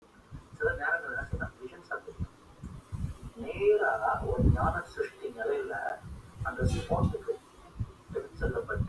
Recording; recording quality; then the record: shallow breathing; moderate, slight background noise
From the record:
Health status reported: healthy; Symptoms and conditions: none ticked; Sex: male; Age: 23 years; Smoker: not ticked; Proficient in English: yes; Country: India